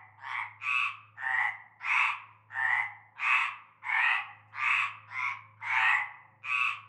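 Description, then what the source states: Frog chorus of rapid, rattling croaks from several callers, with a faint steady hum beneath. Chorus of frogs calling from nightfall in a large concrete basin with stagnant greenish water, Avenue Cante Coucou, Groupède, La Ciotat, Bouches-du-Rhône, France.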